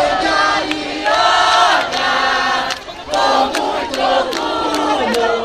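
A large crowd cheers wildly and continuously at the announcement that the 31st Olympic Games are awarded to Rio de Janeiro, a dense roar of shouting voices that swells in loud surges with brief sharp yells and whistles cutting through.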